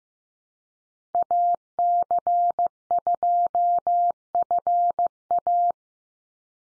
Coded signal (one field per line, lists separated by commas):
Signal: Morse code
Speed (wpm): 15 wpm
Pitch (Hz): 700 Hz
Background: none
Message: AC2FA